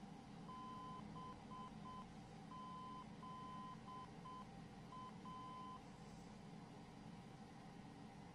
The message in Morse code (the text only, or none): BZA